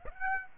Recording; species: mosquito wingbeat signal from an infrared sensor; Aedes aegypti